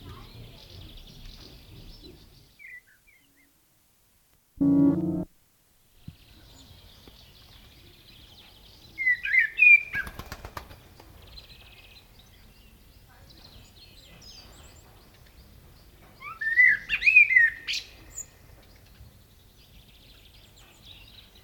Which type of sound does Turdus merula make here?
song